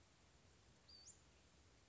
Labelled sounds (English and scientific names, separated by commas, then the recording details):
Western Flycatcher (Empidonax difficilis)
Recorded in Sonoma County, California